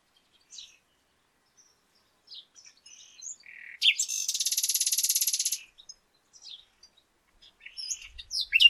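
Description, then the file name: Common nightingale song: scattered high chirps, then a loud, even, buzzy rattle lasting nearly two seconds, followed by more sharp, sliding notes. "Luscinia megarhynchos"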